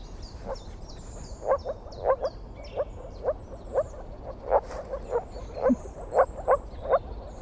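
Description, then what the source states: Moor frog calls: short, hollow, bubbling pulses repeated about twice a second in loose runs, with high bird twitters in the background. Heard in a marsh; call distinctly different from the common frog's and the surest way to tell these two look-alike species apart.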